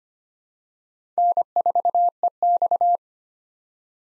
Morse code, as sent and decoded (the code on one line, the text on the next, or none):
-. ....- . -..-
N4EX